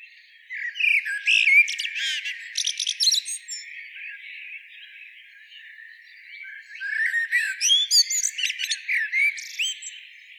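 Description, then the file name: Common blackbird giving two bursts of sharp chattering and squeaky notes, one early and one late, with a quieter gap between. "Turdus merula"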